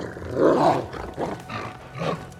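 Two wolves growl and snarl in a series of deep, rough bursts, the first long and loudest, followed by three shorter rumbling growls, in a scene from the 2024 film Le Comte de Monte Cristo. No one speaks.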